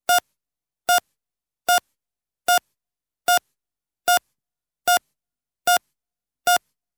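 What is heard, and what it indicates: Nine short, clear electronic beeps sound at an even pace of about 75 a minute, with silence between them. This is a bedside heart monitor sound effect tracking a steady, regular heartbeat.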